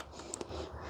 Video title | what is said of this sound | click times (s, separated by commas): Santa Fe Headlight Assembly Replacement (Hyundai 2007-2012) | don't come off, and just slide it around the back and then push it till you hear it click. | 0.3 s